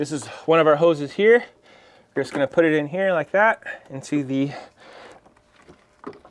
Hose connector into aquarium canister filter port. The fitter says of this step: out all the way down until it clicks okay hose number two goes to the end